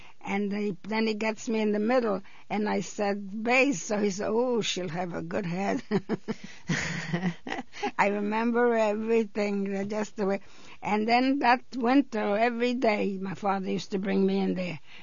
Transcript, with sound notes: And they -- then he gets me in the middle. And I said, "Beys." He said, "Oh, she'll have a good head." (they laugh) I remember everything that just the way, and then that went to every day my father used to bring me in there.